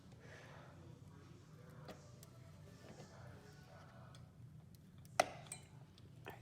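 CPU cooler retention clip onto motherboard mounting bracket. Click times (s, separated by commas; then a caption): 5.2 s. A stock CPU cooler's retention clip is pushed down onto the plastic mounting bracket on the motherboard. Small ticks and light handling noises sit over a low hum until a sharp, bright click at 5.2 s, followed by a fainter tick. The clip seats on the bracket.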